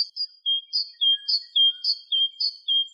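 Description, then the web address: Great tit calling, clear high two-part notes repeated about every half second, a sharp upper note followed by a steadier lower whistle, in otherwise quiet surroundings. "Parus major"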